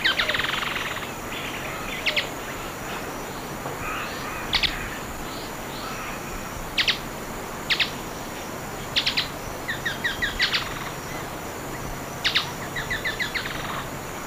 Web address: Natures Songs S America Eastern Lowlands. Cranioleuca vulpecula, song and calls